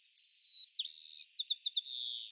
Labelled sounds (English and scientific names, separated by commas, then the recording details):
White-crowned Sparrow (Zonotrichia leucophrys) song
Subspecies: nuttalli
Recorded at Morro Bay, California, in 2014
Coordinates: 35.370, -120.866
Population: south
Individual MORR_maleC_14